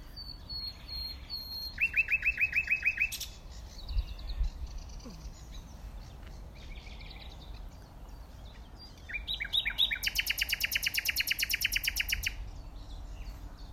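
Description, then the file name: Common nightingale song: two loud bursts of rapidly repeated, rattling notes, separated by softer varied chirps and short phrases. "Luscinia megarhynchos"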